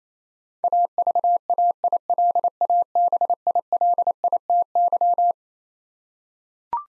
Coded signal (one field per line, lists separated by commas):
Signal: Morse code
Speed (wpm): 27 wpm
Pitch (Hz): 700 Hz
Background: none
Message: AVAILABILITY